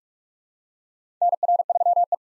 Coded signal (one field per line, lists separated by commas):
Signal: Morse code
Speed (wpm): 48 wpm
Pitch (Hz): 700 Hz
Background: none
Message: NR3E